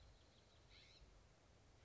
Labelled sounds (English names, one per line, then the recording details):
California Scrub-Jay
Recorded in Sonoma County, California